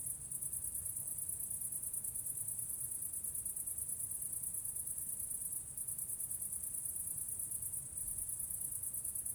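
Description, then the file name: Steady high, shrill cricket trilling without pause, broken by a few short breaks, over soft low background noise. Crickets recorded near a church. "grillons nve eglise"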